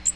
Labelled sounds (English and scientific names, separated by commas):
Magnolia Warbler (Setophaga magnolia) flight call